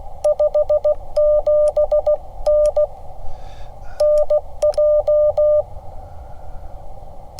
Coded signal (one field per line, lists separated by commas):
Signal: Morse code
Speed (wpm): 16 wpm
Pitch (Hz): 600 Hz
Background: none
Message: 57N NJ